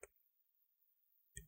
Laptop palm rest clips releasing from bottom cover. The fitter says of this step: we're just gonna flip it like this and you're gonna hear this click so you wanna do this all around in the front end